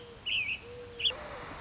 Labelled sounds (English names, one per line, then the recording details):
Mourning Dove
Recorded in Sonoma County, California